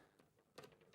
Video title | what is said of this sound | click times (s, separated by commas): HM live -04/11/2024 - Managers' Specials Day! Plus Tonic Studios & Visible Image Lights Launch | and it there we go Clips in there like that very easily | 0.6 s